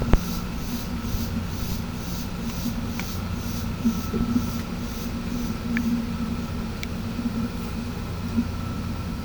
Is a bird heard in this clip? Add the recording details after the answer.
no. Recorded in pastures near Puerto Asís, Putumayo, Colombia, on 21 December 2024 at 11:30. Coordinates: 0.505, -76.324. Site G063